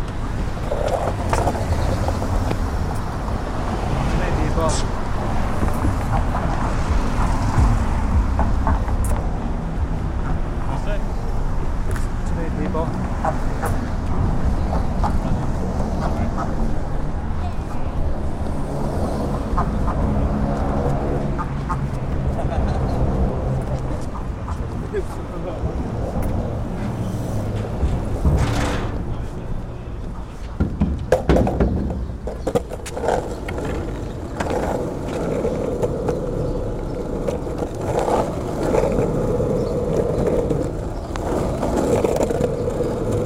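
Skating along city streets, with a steady low rumble of wheels rolling over pavement throughout. Voices talk on and off, and passing traffic adds to the dense, continuous noise, with a few sharp clacks and bumps around the thirty-second mark.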